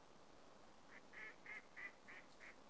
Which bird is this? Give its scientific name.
Anas platyrhynchos